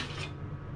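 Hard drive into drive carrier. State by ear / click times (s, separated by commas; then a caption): not seated / none. A 2 TB surveillance hard drive is handled and pressed toward its plastic drive carrier, producing a steady rasping, rubbing scrape with low hum underneath for the full 0.8 seconds. Nothing has seated or clicked yet.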